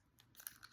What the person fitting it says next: And you can hear that click.